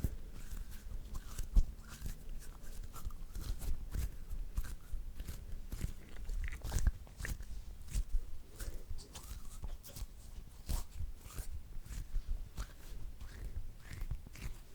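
Hands make a busy run of irregular sounds: quick sharp taps and clicks land unpredictably every second or so, some louder than others, over a steady low rumble and soft rustling. Nothing settles into a rhythm across the fifteen seconds.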